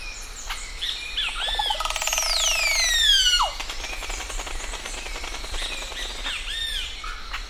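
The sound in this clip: Crested oropendola: arched squawking notes, then a loud, rich whistle that sweeps sharply downward, followed by more scattered squawks.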